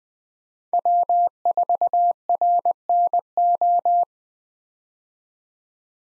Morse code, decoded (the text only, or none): W4RNO